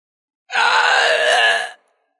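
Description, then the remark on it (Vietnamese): A single agonized howling scream from Nhiệt Hỏa Tiên Tôn, his face contorted in a lightning pool, loud and strained, holding steady for just over a second before cutting off abruptly into silence, with no speech around it. “Trong lôi trì, khuôn mặt của Nhiệt Hỏa Tiên Tôn trở nên dữ tợn, trong miệng phát ra một tiếng gào tê tâm liệt phế.”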